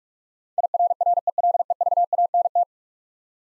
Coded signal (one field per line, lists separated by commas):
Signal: Morse code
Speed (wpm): 44 wpm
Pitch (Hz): 700 Hz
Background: none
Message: IRRELEVANT